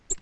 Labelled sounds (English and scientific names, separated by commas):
Black-throated Gray Warbler (Setophaga nigrescens) flight call